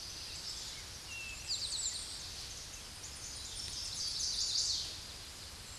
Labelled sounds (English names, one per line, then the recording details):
Eastern Towhee song
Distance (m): 35 m
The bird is about 5 m below the microphone
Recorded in a Pennsylvania forest on 16 May 2024 at 08:25
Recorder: AudioMoth, point MSD-2007
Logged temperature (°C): 16.1 °C
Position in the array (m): 2 m, 43 m